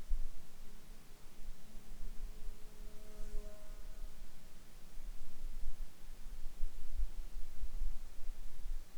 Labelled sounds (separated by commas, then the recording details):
insects
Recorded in Ivvavik National Park, Yukon, on 4 July 2019 at 01:10
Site SINP09